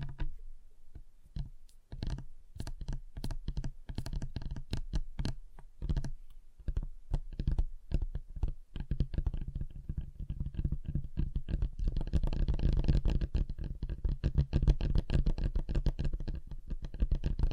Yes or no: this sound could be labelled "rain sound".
no